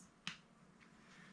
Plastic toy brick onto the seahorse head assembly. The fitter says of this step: snapped into place